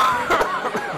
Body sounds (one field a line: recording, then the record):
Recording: coughing mixed with background sound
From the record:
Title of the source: Heavy cold and sore throat coughing.